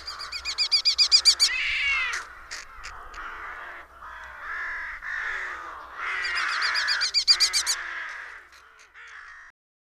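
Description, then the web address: Red-footed falcon chattering: a fast run of shrill repeated notes, then harsh drawn-out calls, another quick shrill series later on, and fading rasping notes. "agykontroll Madardalok Cd 2. Kék vércse"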